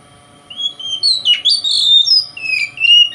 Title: Kacer Konslet Bikin Kacer Lain